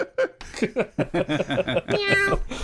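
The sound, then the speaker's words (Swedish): A cat meows a few times in short, high, tonal cries, mixed with bursts of human laughter and chatter, ending on a longer drawn-out mew. “Nej, katten tillbaka.”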